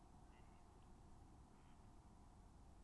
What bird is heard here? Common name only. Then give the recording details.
Mallard. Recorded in Germany. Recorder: ecoPi